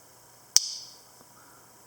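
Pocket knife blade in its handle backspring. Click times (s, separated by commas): 0.6 s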